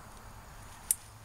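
A camping gear component is pushed home into its mating fitting during a yard camping setup, after the expected click had not been heard. Over steady low background noise, a single sharp, bright click sounds at 0.9 s, and the part is seated.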